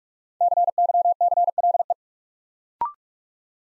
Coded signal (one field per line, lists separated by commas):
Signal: Morse code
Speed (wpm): 44 wpm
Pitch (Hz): 700 Hz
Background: none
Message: CYCLE